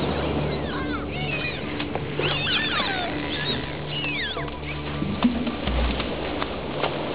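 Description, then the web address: Dolphin whistles, several sweeping and curling tones in quick succession, mostly in the first four seconds, with sharp clicks over a low steady hum. "legacy kft sounds dolphins"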